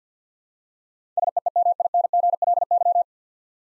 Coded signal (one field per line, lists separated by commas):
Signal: Morse code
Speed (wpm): 45 wpm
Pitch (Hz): 700 Hz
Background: none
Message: SEEMINGLY